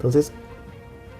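An unofficial plastic action figure head is being handled to push onto the ball neck joint of an official figure's body. Someone talks briefly over quiet background music. Nothing has seated or clicked yet.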